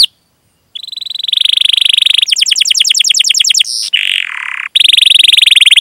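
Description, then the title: Atlantic canary: after a brief pause, a canary delivers sustained rolling trills, a fast chirped series and a harsh buzzy note, then rolls again. Canary singing actively (gacor), with its best song style (cengkok) and rich fill-in phrases (isian), as prized by songbird hobbyists. "Kenari Gacor Cengkok Terbaik Isian Paling Mewah Kenarigacor Kicaumania Kenari"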